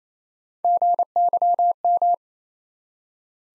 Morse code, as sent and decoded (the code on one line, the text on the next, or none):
--. -.-- --
GYM